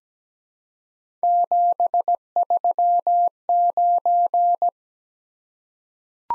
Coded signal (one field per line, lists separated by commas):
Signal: Morse code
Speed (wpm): 17 wpm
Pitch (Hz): 700 Hz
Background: none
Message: 739